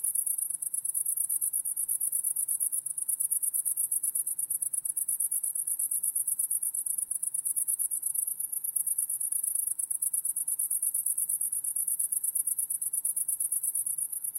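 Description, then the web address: Crickets give a steady, very fast, high-pitched pulsing trill that runs unbroken for the whole stretch over a faint low hum. Crickets; wide stereo recording. "lynne-publishing Crickets Wide Stereo"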